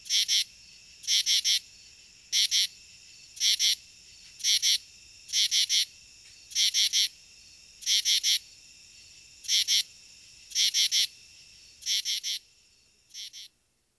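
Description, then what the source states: Northern true katydid giving harsh, scratchy groups of two or three pulses roughly every second, a steady rasping rhythm that weakens and stops near the end. Male's harsh breeding calls, heard from treetops at night in late summer and autumn; common east of the Rocky Mountains.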